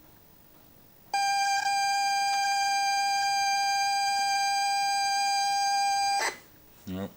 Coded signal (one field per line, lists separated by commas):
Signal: ZX Spectrum tape loading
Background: speech